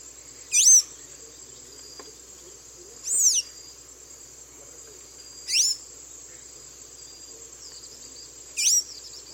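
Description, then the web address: Blue-gray tanager giving single high, squeaky, sweeping notes, about one every two to three seconds, over a steady high insect drone. Eastern lowlands of South America; part of a nature sounds collection. "ENTER Science Biology Natures Songs S America Eastern Lowlands Blue-gray Tanager"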